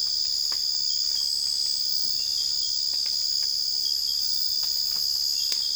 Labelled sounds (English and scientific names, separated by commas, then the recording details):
none
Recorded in secondary vegetation near Puerto Asís, Putumayo, Colombia, on 20 December 2024 at 04:00
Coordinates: 0.484, -76.319
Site GP06